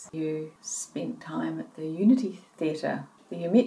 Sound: none